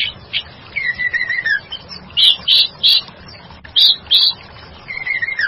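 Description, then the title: White-rumped shama singing a varied phrase of descending whistles followed by loud, clipped high notes in short clusters, with another falling whistle at the end. "murai batu"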